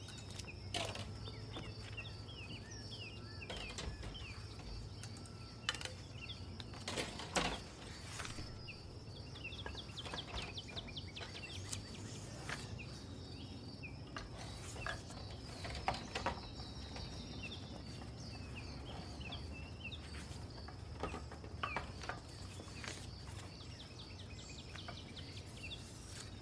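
Summer kitchen noise with a steady low hum and a constant high whine running underneath. Frequent sharp clicks and clatters of utensils break through, busiest around seven and sixteen seconds, while faint chirping textures flicker in the upper range throughout.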